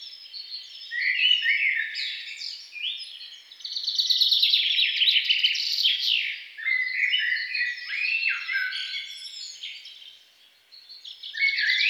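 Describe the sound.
Songbird pouring out a long, varied warble of rapid chirps, rattling trills and downward-slurred notes, almost without break.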